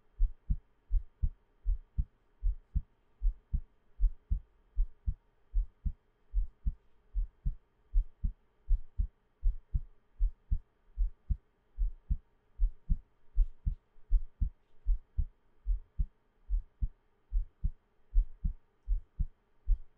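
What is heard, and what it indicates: An ASMR heartbeat: soft, deep paired thumps repeat steadily at about 78 beats a minute, with a faint low hum underneath and no talking. It is an ordinary adult heartbeat with a regular rhythm.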